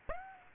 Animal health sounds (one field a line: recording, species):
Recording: mosquito wingbeat signal from an infrared sensor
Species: Aedes aegypti